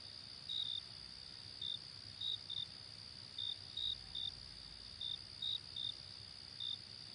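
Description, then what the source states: Cricket with short high chirps, often in close pairs, spread unevenly throughout above a continuous high insect hum. Night ambience.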